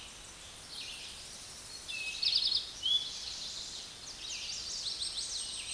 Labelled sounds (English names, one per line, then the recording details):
Eastern Towhee song
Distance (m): 30 m
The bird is about 25 m above the microphone
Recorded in a Pennsylvania forest on 16 May 2024 at 08:52
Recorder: AudioMoth, point MSD-2058
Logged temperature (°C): 11.8 °C
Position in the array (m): 58 m, 14 m